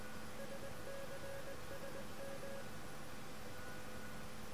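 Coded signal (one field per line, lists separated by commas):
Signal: Morse code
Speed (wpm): 20 wpm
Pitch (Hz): 550 Hz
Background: none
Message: SCSM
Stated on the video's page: TACAN beacon Morse ident from a DCS flight simulator mod.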